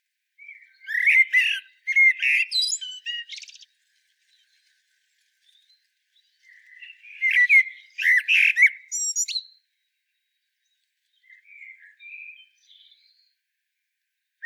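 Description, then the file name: Common blackbird delivering two loud phrases of low whistles broken by high, scratchy twittering notes, separated by several seconds of quiet, then a soft trailing whistle. "Turdus merula"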